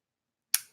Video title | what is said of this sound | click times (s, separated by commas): Clean 'n Stream with Jack & Pho | Oh, and then you heard the snap. | 0.5 s